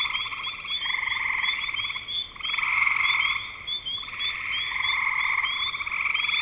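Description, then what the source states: Several frogs trilling together, each rattling trill lasting a second or two and overlapping the next, with a thin high ticking tone running throughout. Frogs calling in spring 2025.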